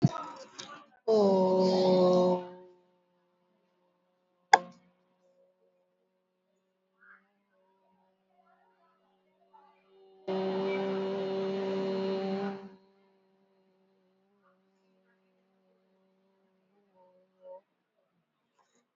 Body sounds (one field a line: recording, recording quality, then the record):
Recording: sustained vowel as in boot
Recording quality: moderate, slight background noise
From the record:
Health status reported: COVID-19 positive, no symptoms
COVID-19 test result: positive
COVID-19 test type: RT-PCR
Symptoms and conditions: cold, sore throat, fatigue, loss of smell and taste, diarrhoea, another condition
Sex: female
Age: 37 years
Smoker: no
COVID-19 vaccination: one dose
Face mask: worn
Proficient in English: yes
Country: India